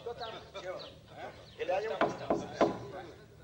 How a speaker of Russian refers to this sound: Лёва стучит в дверь погреба.